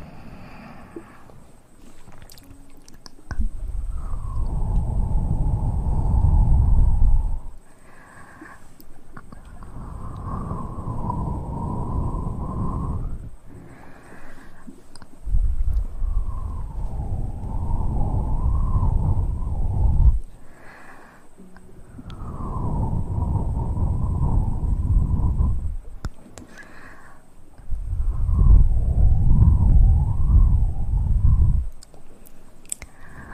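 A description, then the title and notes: Mouth sounds come in five long, steady bursts of a low, breathy rumble, each about four to five seconds, with a thin wavering hum running on top. Short pauses between them hold soft clicks and smacks, and one sharp tick comes at the very end. ASMR Best Mouth Sounds.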